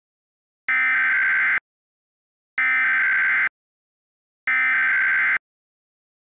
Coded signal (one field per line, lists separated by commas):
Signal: Emergency Alert System (SAME) tones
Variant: header bursts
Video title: EAS Scenario - The Fog Is Coming